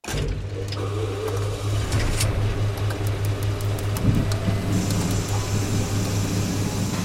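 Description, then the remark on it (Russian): An all-terrain vehicle is switched on by its driver at the controls, its displays and sensors lighting up, and settles into a steady, low electric hum, with faint clicks and ticks scattered over the drone and no one speaking. “Кузьма плюхнулся за штурвал и принялся включать вездеход.”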